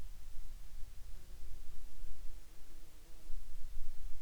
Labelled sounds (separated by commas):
insects